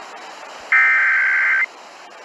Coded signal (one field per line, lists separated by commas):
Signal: Emergency Alert System (SAME) tones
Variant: header bursts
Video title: EAS Minnesota Amber Alert for Apple Valley, MN Dakota County